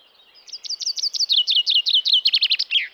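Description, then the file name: Common chaffinch singing a cascading phrase of crisp, repeated notes that drop gradually in pitch, then speed up into a fast closing rattle and flourish. "Fringilla coelebs"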